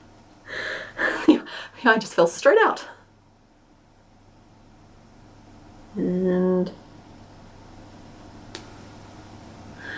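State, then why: Seated. A plastic backing is pressed onto a safety eye post in a crocheted toy while someone talks at the start. A steady tone sounds around 6 to 6.7 seconds. A single faint, sharp click at 8.6 seconds marks the backing seating quietly onto the post.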